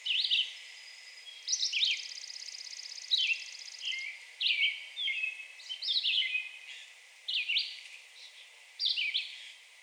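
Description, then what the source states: Red-eyed Vireo giving short slurred whistled phrases, while a fast high trill runs briefly in the background. Recorded 2 June 2020.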